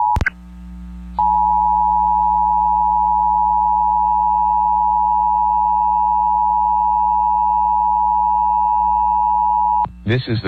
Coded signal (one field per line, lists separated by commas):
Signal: Emergency Alert System (SAME) tones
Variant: 853 and 960 Hz attention tone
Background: speech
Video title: EAS Child Abduction Emergency (AMBER Alert) Westminster, Colorado Statewide Alert